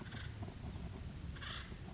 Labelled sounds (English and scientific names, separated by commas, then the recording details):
Acorn Woodpecker (Melanerpes formicivorus)
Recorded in Sonoma County, California